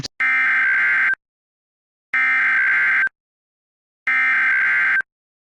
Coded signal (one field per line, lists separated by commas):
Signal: Emergency Alert System (SAME) tones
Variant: header bursts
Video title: Sneak peek of my EAS scenario